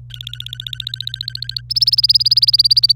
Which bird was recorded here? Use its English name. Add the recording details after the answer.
Domestic Canary. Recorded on 25 April 2018 at 17:00. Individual llb3